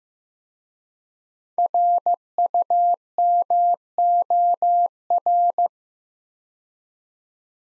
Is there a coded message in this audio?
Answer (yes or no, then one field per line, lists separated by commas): yes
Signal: Morse code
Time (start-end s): 1.6-5.7 s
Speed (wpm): 15 wpm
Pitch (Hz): 700 Hz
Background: none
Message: RUMOR